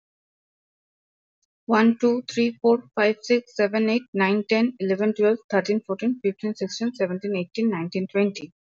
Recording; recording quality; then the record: counting at a fast pace; excellent, no background noise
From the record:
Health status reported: exposed to COVID-19, no respiratory illness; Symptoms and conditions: none ticked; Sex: female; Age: 26 years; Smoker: not ticked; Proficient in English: yes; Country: India